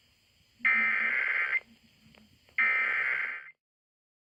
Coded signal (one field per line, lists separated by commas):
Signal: Emergency Alert System (SAME) tones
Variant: header bursts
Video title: May 3, 2018 EAS weather alerts (EAS #610-614)